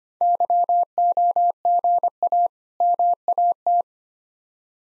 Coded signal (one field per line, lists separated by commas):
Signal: Morse code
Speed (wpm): 25 wpm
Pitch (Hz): 700 Hz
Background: none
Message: YOGA MAT